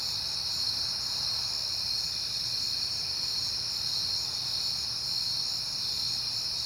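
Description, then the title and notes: Crickets give a ceaseless high-pitched chorus, steady in loudness from start to finish, above a faint low drone. Recorded at night in September on a peaceful night; crickets heard often lately. "Night Time: Crickets and Passing Cars. It is September and I have been hearing the crickets a lot, but finally had a peaceful night to make the recording"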